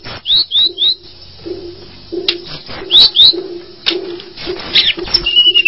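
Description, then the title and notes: Bird song of short, high rising chirps in quick bursts of two or three, over a low humming tone. "Bird Sound. Kicau Burung Lengkap"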